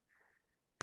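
A watch caseback is pressed onto the metal watch case with a finger after even pressure is applied. A faint, breathy rustle from about 0.1 to 0.5 s is followed by a sharp snap at 0.8 s as the caseback snaps on and seats flush.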